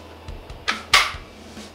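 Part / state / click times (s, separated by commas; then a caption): handgun into waistband holster / seated / 0.9 s. A full-size handgun is pushed into a handmade waistband holster, with a few faint taps and rustles before a sharp, loud snap at 0.9 s as the trigger guard snaps into the shell. The gun is seated snugly, with its trigger covered.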